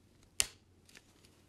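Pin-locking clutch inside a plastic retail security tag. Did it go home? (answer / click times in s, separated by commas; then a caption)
released / 0.4 s. A hook detacher is pushed into a plastic Sensormatic retail security tag to open the pin-locking clutch inside. A single sharp, bright click comes at 0.4 s and rings down quickly, followed by a few faint small ticks near 0.9–1.0 s. The latch releases, the pin is pulled free, and the tag is off.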